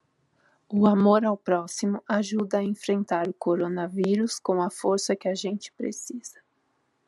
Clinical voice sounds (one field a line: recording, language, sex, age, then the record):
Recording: spoken sentence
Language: Brazilian Portuguese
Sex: female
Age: 30 to 39 years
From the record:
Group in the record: control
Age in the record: 38 years